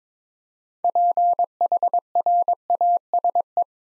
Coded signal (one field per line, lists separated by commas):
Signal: Morse code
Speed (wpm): 22 wpm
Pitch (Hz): 700 Hz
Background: none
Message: PHRASE